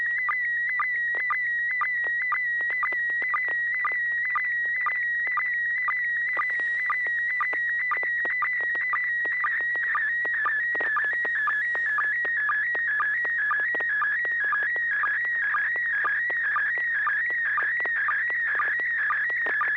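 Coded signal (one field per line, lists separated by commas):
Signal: SSTV (slow-scan television)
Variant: PD120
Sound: warbling tone stepping between pitches, with regular short low blips about twice a second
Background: steady low hum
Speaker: It's going to be in PD 120 for those that need that, but here we go. Stand by.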